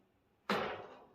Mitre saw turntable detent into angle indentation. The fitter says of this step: bang, it locks into place.